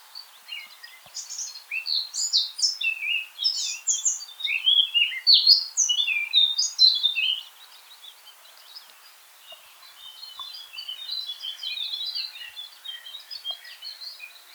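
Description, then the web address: Eurasian blackcap song: a long, rich and rapid warble of loud, varied high notes for about seven seconds, followed by a quieter, steady chatter. "pub SETE data Sylvia atricapilla"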